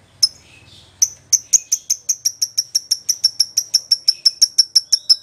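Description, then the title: Lovebird with one sharp chirp and a low faint hum, then a rapid, even series of high chirps. Recording used as a lure (pancingan) to prompt a lovebird to respond and sing vigorously (gacor). "Pancingan Lovebird Agar Nyaut GACOR."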